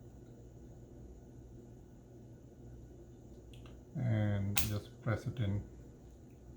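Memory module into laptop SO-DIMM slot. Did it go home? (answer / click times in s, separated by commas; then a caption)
no / none. A memory module for an HP Envy x360 15z laptop (Ryzen 3500U, model 15z-ds000) is lined up by its notch and slid into the SO-DIMM slot at about 30 degrees, with two faint ticks near 3.5 and 3.7 seconds over a low steady hum. Someone talks from about 4 seconds. The stick has not yet been pressed down, so nothing has seated or clicked yet.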